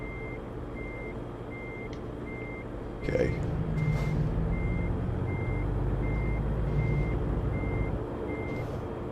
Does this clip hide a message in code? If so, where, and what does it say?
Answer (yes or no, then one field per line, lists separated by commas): no